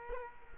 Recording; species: mosquito wingbeat signal from an infrared sensor; Culex quinquefasciatus